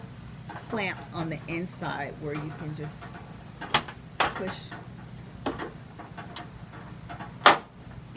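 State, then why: Seated. While a propane grill is being assembled, a side guard is pushed onto small clamps on the inside of the grill body as someone talks. A few short knocks come at about 3.8, 4.2 and 5.5 seconds. The side guard then snaps into place with a sharp click at 7.5 seconds, seating it on the clamps.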